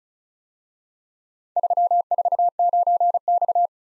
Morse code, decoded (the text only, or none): 349X